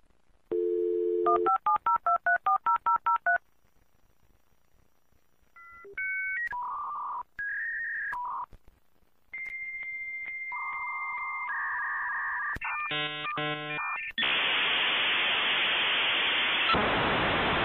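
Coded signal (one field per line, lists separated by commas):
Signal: dial-up modem handshake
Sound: dial tone, about 11 dialed touch-tones, answer tone, warbling chirps, then loud static hiss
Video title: Internet discada áudio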